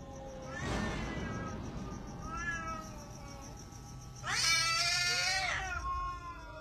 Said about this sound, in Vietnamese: Chưa đi được 3 bước chân thì bất ngờ trong tay của lão, con mèo bật dậy, kêu lên những tiếng ghê rợn rồi phóng vụt ra cửa chính, làm cho lão Toàn giật mình. Dường như là con mèo đang gào lên muốn đánh nhau vậy.